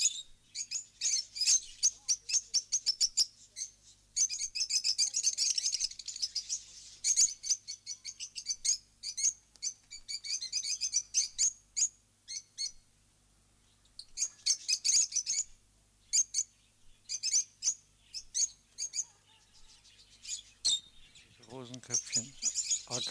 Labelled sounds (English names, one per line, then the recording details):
Rosy-faced Lovebird call
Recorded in captivity
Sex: group
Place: Zoo Halle, Sachsen-Anhalt, DE
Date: 2003-10-19 13:35
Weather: heiter, ca. 3-4°C
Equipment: Fair Mate ST-1328 (Asahi Electronics, Japan), Sennheiser ME 80, Kopie Uher 4000 Report Monitor
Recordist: Tembrock, Günter